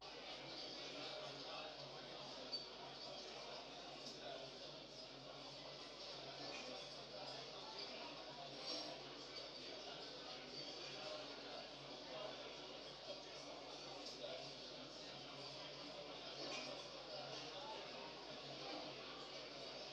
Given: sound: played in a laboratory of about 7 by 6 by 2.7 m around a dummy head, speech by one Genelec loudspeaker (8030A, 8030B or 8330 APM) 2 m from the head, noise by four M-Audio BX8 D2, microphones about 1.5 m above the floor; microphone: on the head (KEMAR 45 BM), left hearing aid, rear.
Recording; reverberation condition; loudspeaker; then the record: cafeteria noise; medium; four, about 170 cm from the corners of the room and facing them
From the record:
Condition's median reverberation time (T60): about 510 ms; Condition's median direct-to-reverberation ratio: about -0.5 dB